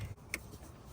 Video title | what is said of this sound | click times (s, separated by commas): 2001-2002 Acura MDX O2 oxygen sensor replacement engine code P0131 P0132 P0420 | Make sure it clicks. | 0.3 s